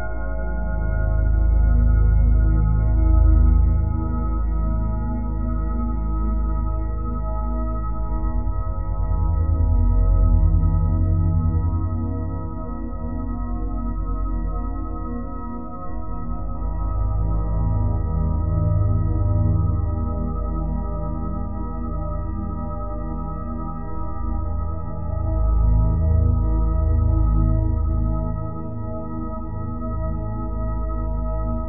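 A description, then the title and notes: A steady sustained tone hums at 174 Hz, layered with ringing, bowl-like overtones that hold evenly throughout. A deep rumble below swells and fades slowly, with no distinct strikes or breaks, only a gentle shift in texture near the middle. 174 Hz Headache Relief with Solfeggio Frequency - Pain Relieving Sound Bath.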